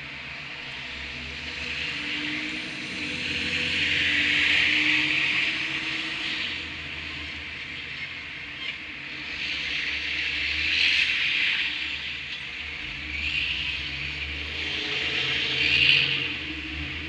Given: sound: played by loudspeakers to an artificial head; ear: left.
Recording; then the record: road traffic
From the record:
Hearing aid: class 1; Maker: E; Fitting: closed earmoulds, the maker's default for a moderate loss (N3)